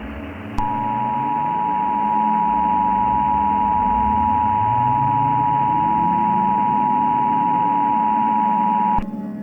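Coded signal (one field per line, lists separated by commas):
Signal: Emergency Alert System (SAME) tones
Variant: 853 and 960 Hz attention tone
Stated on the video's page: Fictional EAS scenario about a storm from a game.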